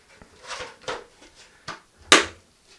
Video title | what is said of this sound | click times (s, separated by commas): Dyson DC05 Cone Disassembly | there you heard a click um it's just really kind of a bit of a pull it's a bit brutal actually | 2.1 s